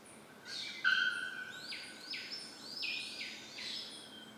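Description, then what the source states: Bird song: a sustained thin whistle followed by several upward-sweeping chirped notes in a row. Birds singing in the tropical forest of Ilha Grande, Brazil; species unknown.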